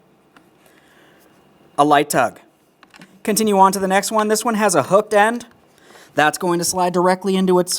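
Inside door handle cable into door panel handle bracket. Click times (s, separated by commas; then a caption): 0.4 s. On a 2009–2014 Nissan Maxima, the lower inside-door-handle cable with a circular tab at its end is pressed into its holder on the door panel during reinstallation of the door panel after replacing the front window motor. A faint click at 0.4 s shows the cable seating in place, followed by someone talking.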